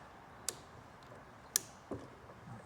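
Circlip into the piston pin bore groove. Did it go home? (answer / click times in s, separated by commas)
yes / 1.6 s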